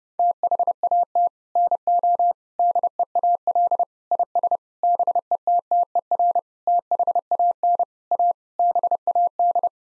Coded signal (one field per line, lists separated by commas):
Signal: Morse code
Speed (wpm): 32 wpm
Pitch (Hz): 700 Hz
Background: none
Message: THAT NO DEAL IS BETTER THAN A BAD